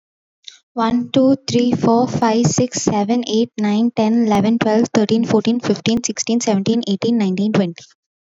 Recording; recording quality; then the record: counting at a fast pace; excellent, no background noise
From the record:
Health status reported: healthy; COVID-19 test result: negative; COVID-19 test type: RT-PCR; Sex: female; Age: 21 years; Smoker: no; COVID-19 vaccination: both doses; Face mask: not worn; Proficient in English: yes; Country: India